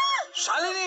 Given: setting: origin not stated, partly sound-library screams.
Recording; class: one-second piece from a danger detection set; woman in danger